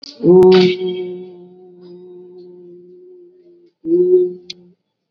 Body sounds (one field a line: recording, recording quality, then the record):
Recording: sustained vowel as in boot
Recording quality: excellent, no background noise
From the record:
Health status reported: COVID-19 positive, mild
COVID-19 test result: positive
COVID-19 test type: RT-PCR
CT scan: not taken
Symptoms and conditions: fever, fatigue, muscle pain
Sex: male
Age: 27 years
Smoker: no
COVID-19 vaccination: both doses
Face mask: worn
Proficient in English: yes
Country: India